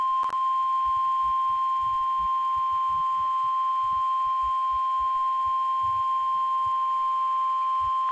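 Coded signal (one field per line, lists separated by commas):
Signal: Emergency Alert System (SAME) tones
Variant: 1050 Hz attention tone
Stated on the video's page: Real severe thunderstorm warning on NOAA Weather Radio station KIG-79, Nashville.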